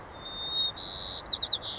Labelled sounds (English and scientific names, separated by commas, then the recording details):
White-crowned Sparrow (Zonotrichia leucophrys)
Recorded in Sonoma County, California